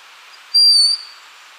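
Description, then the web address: Broad-winged hawk call: a single thin, high, steady whistle lasting about four-tenths of a second, over a quiet hiss. Ecuador. "Birds of Ecuador. Broad-winged Hawk"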